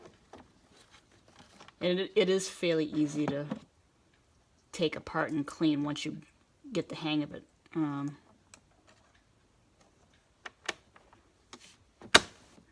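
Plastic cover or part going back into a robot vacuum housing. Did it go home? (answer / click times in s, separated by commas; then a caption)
yes / 12.2 s. After cleaning, a plastic part of a BoBSweep Pethair robot vacuum is pressed back into its housing so the screw can go back in afterward. Someone talks, with faint small ticks and handling taps between phrases. The part snaps back in place with a sharp, loud click at 12.2 s.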